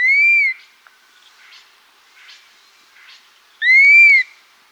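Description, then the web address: Dusky-capped flycatcher giving two plaintive, arched whistles, each rising then falling, about 3.5 seconds apart, with faint softer bird notes between them. Recorded in South America. "Natures Songs S America Dusky-Capped Flycatcher"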